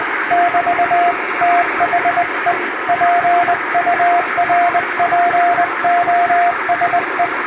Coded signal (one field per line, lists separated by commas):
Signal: Morse code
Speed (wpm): 21 wpm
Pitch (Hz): 700 Hz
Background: radio noise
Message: <BT> THE PURPOSE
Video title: 通信技術の原点、最古のデジタル技術！モールスを後世に継承しよう！欧文ＣＷを縦振り電鍵で叩きました。生身のモールスでアマチュア無線の練習をしてみませんか(morse code practice )